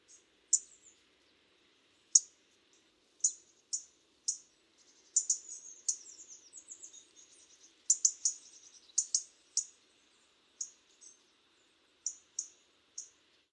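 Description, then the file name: European robin calls, thin high-pitched ticks and chirps spaced irregularly, with a brief burst of rapid twittering notes near the middle, over a quiet background. "Erithacus rubecula"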